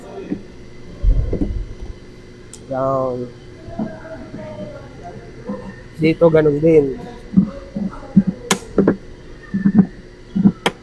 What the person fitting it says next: Okay. Nag-lock na yung mga clip niya na original.